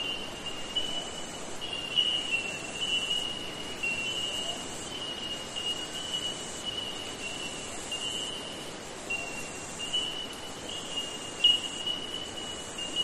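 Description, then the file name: Bell Miner calls, repeated high clear tink notes scattered over a steady ringing chorus, with a high insect buzz pulsing throughout. Forest ambience in eastern Australia during summer, with insects. "nature forest ambience eastern australia summer bell minors insects. zapsplat"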